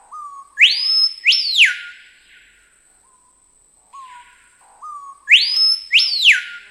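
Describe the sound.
Screaming piha song repeated twice, each phrase opening with soft low notes and ending in two very loud, sharply rising then falling whistles, with a pause between.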